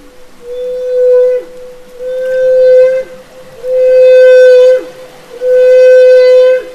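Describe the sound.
Humpback whale song: four long, steady, horn-like moans, each about a second long and ending in a quick downward slide, separated by short pauses.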